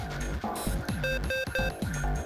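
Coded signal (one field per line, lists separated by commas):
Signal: none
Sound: puzzle game sound effects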